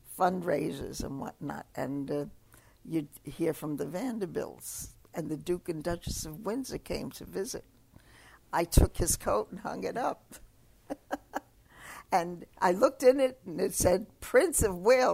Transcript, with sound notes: fundraisers and whatnot, and, uh, you'd hear from the Vanderbilts, and the Duke and Duchess of Windsor came to visit. I took his coat and hung it up. ( she laughs ) And I looked in it, and it said Prince of Wales.